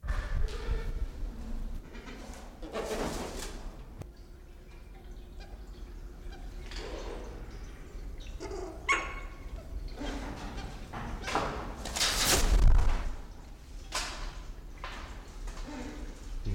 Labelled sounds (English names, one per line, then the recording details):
Malabar Pied Hornbill trumpet call
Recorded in captivity
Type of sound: call, call sequence, trumpet call
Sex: pair
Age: adult
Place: Zoo Berlin, Berlin, DE
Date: 1993-03-06
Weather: 3-6°C, heiter bis wolkig
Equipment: Marantz CP 430, Sennheiser ME 80, Kopie Uher Variocord 263
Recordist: Tembrock, Günter
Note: Lautfolgen an Nisthöhle (hauptsächlich Weibchen)